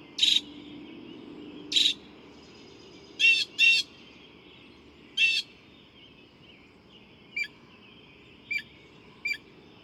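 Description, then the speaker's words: Northern Mockingbird song: loud harsh chattering bursts, a doubled phrase, then three thin sharp ticks near the end. Male singing all night long with a marvelous variety of imitations; recorded at 5:30 in the morning, LaRue County Park, Hodgenville, Kentucky. "This mockingbird has been singing all night long, and I finally got up to record him."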